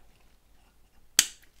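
A Nokia 6290 phone shell part, slid up into the phone body, is pressed down and snaps into place with one sharp, loud click at 1.2 seconds, after near silence. The part is seated.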